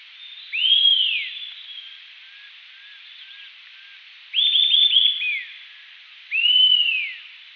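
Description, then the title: Eastern sirystes calling: a loud arched whistle, then later a quick series of short rising-falling notes, and another arched whistle at the end. "LuckyPassaro Completos2Sama. Eastern Sirystes (Sirystes sibilator)"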